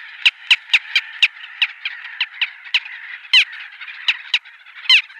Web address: Schulze Peter Little Gull